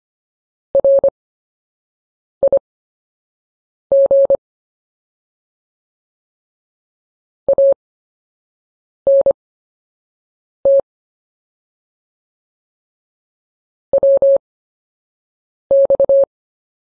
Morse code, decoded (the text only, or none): RIG ANT WX